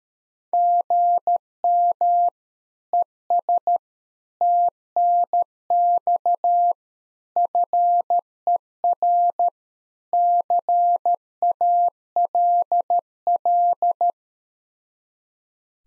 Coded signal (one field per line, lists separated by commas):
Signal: Morse code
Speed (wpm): 13 wpm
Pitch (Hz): 700 Hz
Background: none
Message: GM ES TNX FER CALL